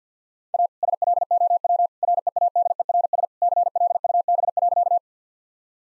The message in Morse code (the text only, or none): A SLOW READERS CLUB.